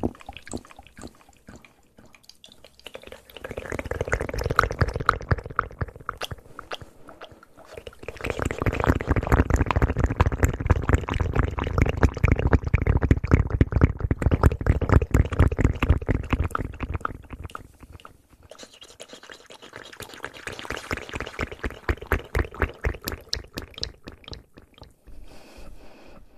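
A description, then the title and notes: Fast mouth sounds: rapid wet clicks and smacks in dense, quick bursts. The sounds swell in three waves, around 3–7 seconds, 8–17 seconds, and 19–24 seconds, with quieter sparse clicking between them and at the end. ASMR Fast Mouth Sounds.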